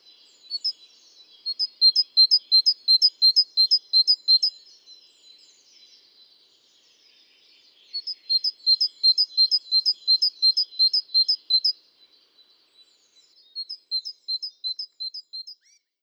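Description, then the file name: Great tit calling in three bursts of sharp, high two-part notes, each repeated about three per second, with softer pauses between bursts. "Parus major"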